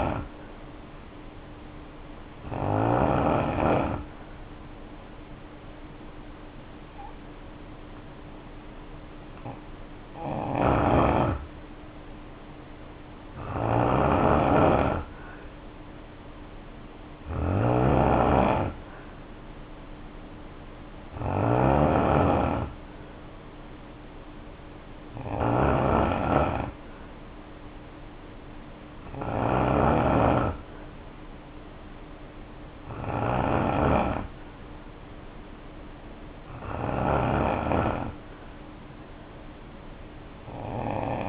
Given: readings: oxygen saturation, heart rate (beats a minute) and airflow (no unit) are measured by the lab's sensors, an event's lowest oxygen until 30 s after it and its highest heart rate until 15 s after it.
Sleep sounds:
breathing in sleep by a voice recorder at the bedside; none
37.00-41.29 s: new sleep stage, N3 (deep sleep)
From the record:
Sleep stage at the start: N2 (light sleep); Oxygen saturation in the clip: 89 to 93%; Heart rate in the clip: 57 to 63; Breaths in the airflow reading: 10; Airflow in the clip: -2.6 to 2.6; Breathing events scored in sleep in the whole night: 520 in 7.2 hours asleep

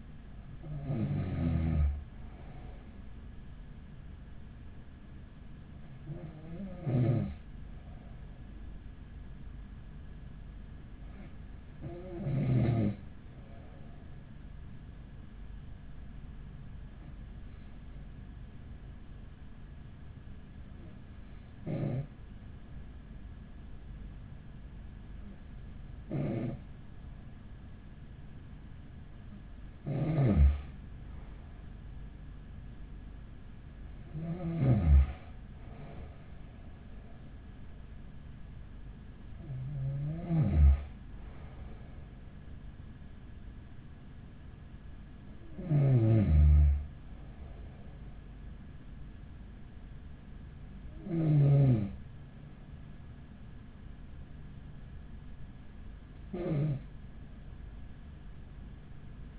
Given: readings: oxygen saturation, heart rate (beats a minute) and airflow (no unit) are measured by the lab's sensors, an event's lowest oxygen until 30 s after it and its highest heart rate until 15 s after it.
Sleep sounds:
breathing in sleep by a smartphone at the bedside; 1
6.00-29.30 s: hypopnea (N1, oxygen 96% highest, then 94% lowest, heart rate 43 at the start, 48 highest)
30.00-59.39 s: new sleep stage, N2 (light sleep)
From the record:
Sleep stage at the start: N1 (lightest sleep); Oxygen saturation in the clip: 92 to 96%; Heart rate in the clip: 42 to 48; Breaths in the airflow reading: 12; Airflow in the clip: -7.8 to 12.7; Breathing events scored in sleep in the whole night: 207 in 7.6 hours asleep

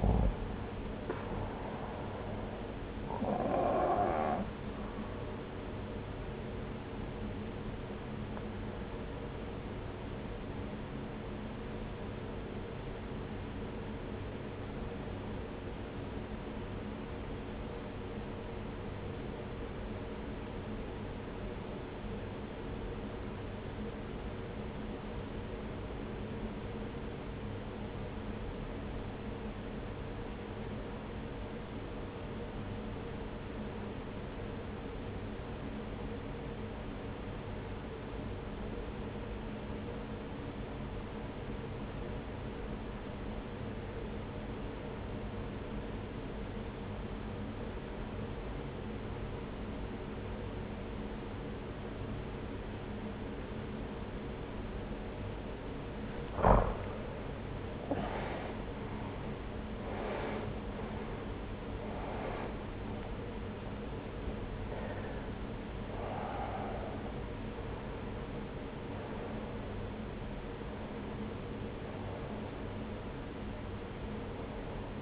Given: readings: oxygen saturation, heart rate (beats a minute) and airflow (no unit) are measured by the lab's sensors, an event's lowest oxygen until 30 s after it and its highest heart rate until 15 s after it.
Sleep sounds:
breathing in sleep by a voice recorder at the bedside; 1
9.00-59.00 s: obstructive apnea (N1, oxygen 96% highest, then 78% lowest)
33.00-75.02 s: new sleep stage, REM sleep
From the record:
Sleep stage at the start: N1 (lightest sleep); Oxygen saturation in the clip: 84 to 96%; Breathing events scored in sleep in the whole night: 303 in 8.1 hours asleep

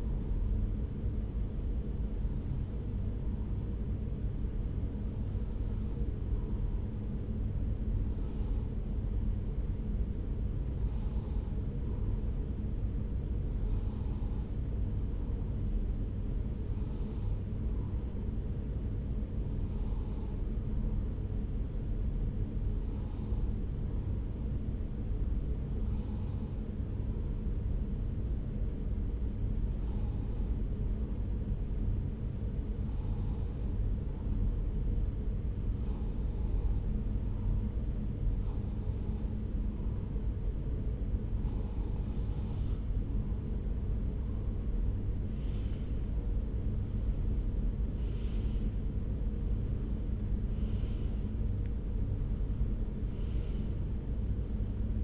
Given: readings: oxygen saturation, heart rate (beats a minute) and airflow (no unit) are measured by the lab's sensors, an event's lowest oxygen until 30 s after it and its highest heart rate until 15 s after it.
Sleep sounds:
breathing in sleep by a smartphone at the bedside; 1
24.00-46.30 s: hypopnea (N2, oxygen 94% highest, then 93% lowest)
40.00-55.04 s: new sleep stage, N1 (lightest sleep)
From the record:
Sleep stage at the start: N2 (light sleep); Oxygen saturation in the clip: 93 to 94%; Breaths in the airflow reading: 19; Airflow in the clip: -5.6 to 5.3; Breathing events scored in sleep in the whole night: 335 in 6.7 hours asleep

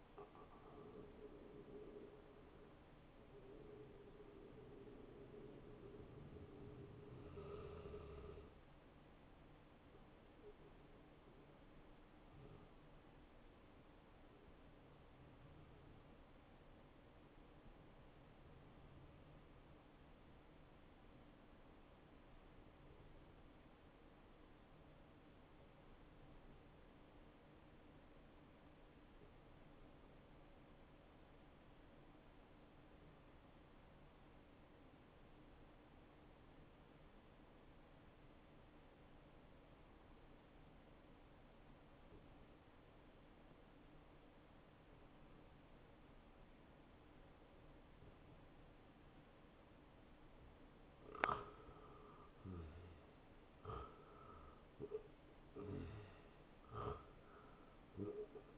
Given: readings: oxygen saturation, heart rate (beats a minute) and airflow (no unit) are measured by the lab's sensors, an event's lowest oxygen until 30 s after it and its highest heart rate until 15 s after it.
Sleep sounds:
breathing in sleep by a voice recorder at the bedside; 1
12.00-50.10 s: hypopnea (N1, oxygen 97% highest, then 88% lowest, heart rate 74 at the start, 76 highest)
From the record:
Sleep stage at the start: N1 (lightest sleep); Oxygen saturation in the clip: 83 to 97%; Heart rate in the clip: 47 to 82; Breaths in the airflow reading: 10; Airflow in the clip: -15.0 to 7.6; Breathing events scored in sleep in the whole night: 263 in 5.5 hours asleep

